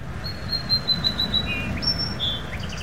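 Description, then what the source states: Song sparrow song: a fast run of sharp, repeated high notes, then a short buzzy trill and a few varied whistled notes, over low rumbling background noise. Recorded on Vashon Highway, Washington State.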